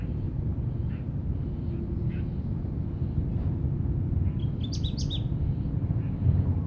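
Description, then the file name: Grey-crowned warbler giving a quick burst of high, thin twittering notes near the end, with a few faint notes earlier, over a constant low rumble. "warbler-grey-crowned -Seicercus-tephrocephalus"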